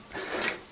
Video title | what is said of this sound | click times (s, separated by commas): La vidéorègle du jeu de société "Boom Boom Balloon" par Yahndrev (#441) | jusqu'au clic clic c'est bon et on va ainsi placer des petits | 0.4 s